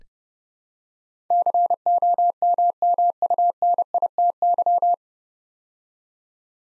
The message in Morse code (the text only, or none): COMMUNITY